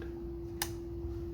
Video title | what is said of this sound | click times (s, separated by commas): Nikon F mount lens on Sony E mount camera | wait until it snaps um these adapters have very good construction it's really | 0.6 s